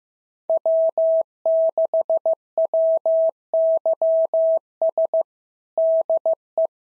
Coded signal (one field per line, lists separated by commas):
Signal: Morse code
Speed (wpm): 13 wpm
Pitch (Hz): 650 Hz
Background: none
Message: W6WYS DE